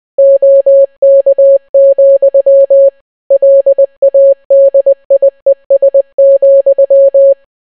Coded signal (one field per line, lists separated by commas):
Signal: Morse code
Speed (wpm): 20 wpm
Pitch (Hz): 550 Hz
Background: none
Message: OK, LADIES,